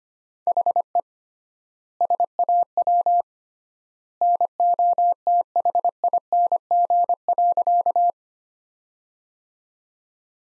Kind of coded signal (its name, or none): Morse code